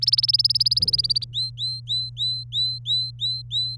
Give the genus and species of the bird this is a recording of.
Serinus canaria